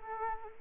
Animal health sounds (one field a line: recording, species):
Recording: mosquito wingbeat signal from an infrared sensor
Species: Anopheles arabiensis